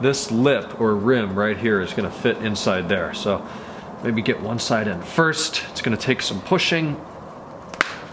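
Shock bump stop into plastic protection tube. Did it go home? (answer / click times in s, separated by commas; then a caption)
yes / 7.8 s. A rubber/foam bump stop for a BMW E46 rear shock is pushed onto the plastic shock protection tube, its lip forced inside the tube rim one side first with some pushing, while someone talks. A sharp snap at 7.8 s marks the bump stop seating into place.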